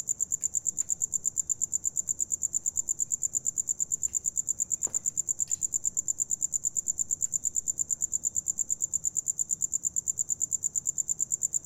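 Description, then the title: Cricket: steady, rapid, high-pitched chirps, with a few faint taps and clicks behind them. Recorded inside an abandoned house in Carmen, Campeche, Mexico, using a TASCAM DR-100 mkII recorder and RODE NTG-2 shotgun microphone with deadcat. "Carmen, Camp., México - Grillo interior de casa abandonada"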